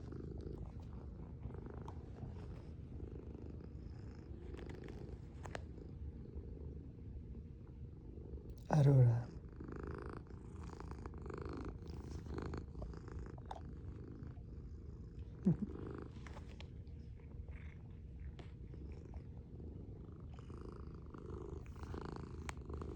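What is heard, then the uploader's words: A cat purrs steadily throughout, a low, continuous rumble with a rhythmic pulse. Light rustling and small bumps come and go as it nuzzles, with a sharp, louder thump just before nine seconds and a brief click around fifteen seconds. Cat on my lap purring and nuzzling the camera.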